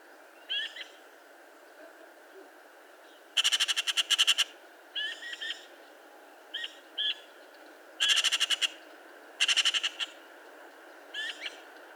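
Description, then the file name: Eurasian magpie giving harsh, rapid rattling chatters in three loud bursts, mixed with shorter calls between them. "Pica pica"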